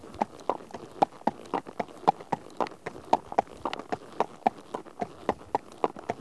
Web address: BBC Sound Effects Library Horses One horse at walk on tarmac